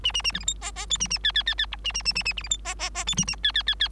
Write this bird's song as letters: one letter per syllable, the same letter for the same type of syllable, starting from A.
A A A B C D E E F A A G G G G H A A A A A C D E E E F A A G G G G